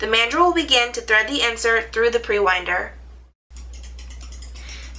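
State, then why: Torque reached. Someone talks while a KATO CT9602 torque limiting clutch drive, used for tangless and Helicoil thread inserts, has its handle turned clockwise to thread an insert with the installation mandrel. After a short pause, the clutch slips with a series of quiet clicks at 3.8, 4.1, 4.2, 4.4, 4.5 and 4.6 seconds. The handle turns but the mandrel does not, showing the clutch is active and set below the torque needed to install the insert.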